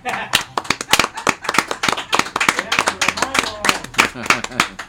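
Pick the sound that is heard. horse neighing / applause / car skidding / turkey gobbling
applause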